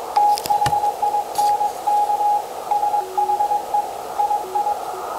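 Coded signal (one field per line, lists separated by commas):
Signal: Morse code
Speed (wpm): 22 wpm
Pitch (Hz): 830 Hz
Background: radio noise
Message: THINK SHE II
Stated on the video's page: Received signal compared on an outdoor longwire antenna versus an indoor magnetic loop in an attic.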